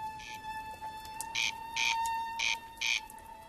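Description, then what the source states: Corncrake territorial call: harsh, grating rasps, a faint one followed by four strong ones in two pairs, with a faint steady tone running underneath. Male heard at dusk from a campsite by the Shannon near Clonmacnoise; reportedly the only male left calling on the Shannon Callows this year; calls to establish a territory and call in a receptive female.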